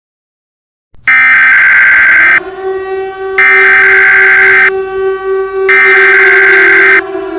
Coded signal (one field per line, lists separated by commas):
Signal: Emergency Alert System (SAME) tones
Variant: header bursts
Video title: EAS Scenario: Chemical Explosives